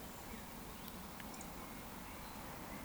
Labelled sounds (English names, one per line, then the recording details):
Eurasian Woodcock whistle
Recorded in Baden-Württemberg, Germany, on 14 June 2020 at 19:36 UTC
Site 14569, 102 m above sea level